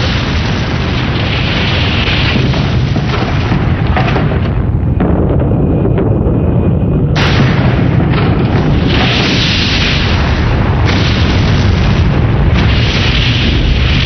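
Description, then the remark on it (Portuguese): A massive explosion boom rolls into a dense, thunderous roar that persists throughout, easing briefly midway before surging back just as loud. No voices are heard. “Assim que houve a explosão, eu fui jogada para o outro lado da sala.”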